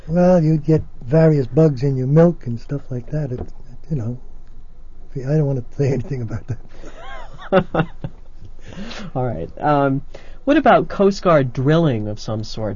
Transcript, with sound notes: Well, you'd get various bugs in your milk and stuff like that, you know, I don't want to say anything about that. (Laughs)
All right. What about Coast Guard drilling of some sort?